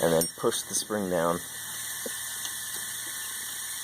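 Someone talks while handling a steel valve keeper (split lock) sitting halfway into the valve stem groove on a V8 cylinder head, with the valve spring about to be pushed down. After the talking stops, faint light handling ticks sound over a steady background hum. Nothing has seated or clicked into place yet.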